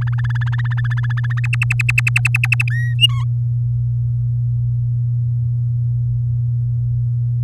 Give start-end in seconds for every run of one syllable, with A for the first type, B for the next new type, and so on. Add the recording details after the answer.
0.01-1.40 A, 1.44-2.63 B, 2.70-2.95 C, 2.99-3.24 D. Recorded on 8 May 2018 at 06:21. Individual llb16